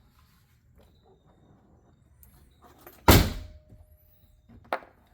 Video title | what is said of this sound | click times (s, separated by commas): Bakflip MX4 Tonneau Cover Tested on 2024+ Toyota Tacoma – Worth It? | So you do want to hear that clicking sound. | 3.1 s